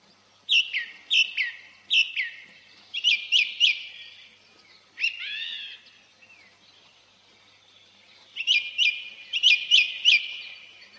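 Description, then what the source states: Song Thrush song: bright, high whistled phrases, each motif repeated several times, with brief pauses between the groups. Spring forest; song heard from everywhere, unhurried sonorous phrases delivered from the treetops.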